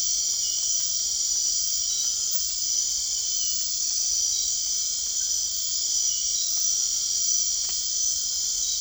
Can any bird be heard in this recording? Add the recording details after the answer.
no. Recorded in dense forest near Puerto Asís, Putumayo, Colombia, on 24 March 2025 at 22:30. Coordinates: 0.499, -76.324. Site GP03